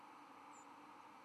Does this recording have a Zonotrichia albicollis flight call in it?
yes